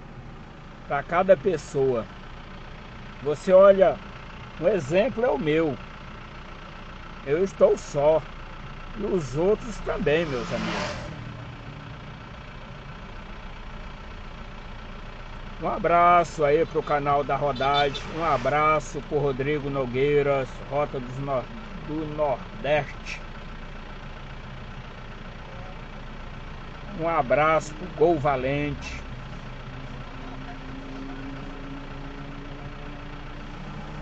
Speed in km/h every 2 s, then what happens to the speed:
0, 0, 0, 0, 0, 0, 0, 0, 0, 0, 0, 0, 0, 0, 0, 0, 0.
0-34 standing.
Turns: none.